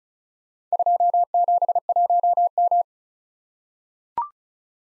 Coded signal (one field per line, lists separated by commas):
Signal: Morse code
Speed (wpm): 36 wpm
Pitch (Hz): 700 Hz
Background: none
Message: 271M